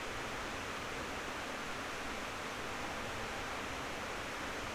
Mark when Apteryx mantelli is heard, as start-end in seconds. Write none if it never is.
none